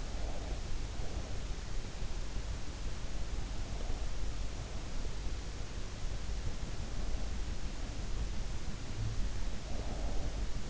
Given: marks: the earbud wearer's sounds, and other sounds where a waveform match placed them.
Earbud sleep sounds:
sounds in sleep by an in-ear microphone; breath
0.00-1.60 s: breath
9.23-10.70 s: breath

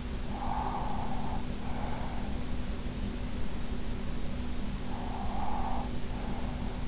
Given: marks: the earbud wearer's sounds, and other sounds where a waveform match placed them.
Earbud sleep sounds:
sounds in sleep by an in-ear microphone; breath
0.13-2.49 s: breath
4.72-6.88 s: breath

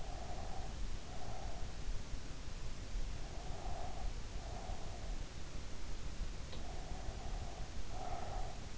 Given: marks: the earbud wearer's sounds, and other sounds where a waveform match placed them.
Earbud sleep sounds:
sounds in sleep by an in-ear microphone; breath
0.00-1.82 s: breath
3.31-5.31 s: breath
6.62-8.57 s: breath

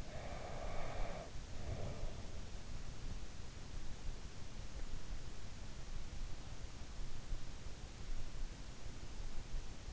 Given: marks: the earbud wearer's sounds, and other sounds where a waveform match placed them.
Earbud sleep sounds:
sounds in sleep by an in-ear microphone; breath
0.00-2.44 s: breath

